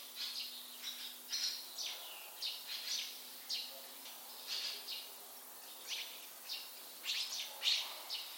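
Bird calls: quick high chirps and short notes in a steady run, over quiet hiss and a steady low hum.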